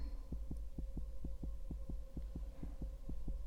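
A fast heartbeat heard through a stethoscope on the chest of an adult man lying flat on an operating table: tachycardia, with the heart beating somewhat fast, possibly from nervousness.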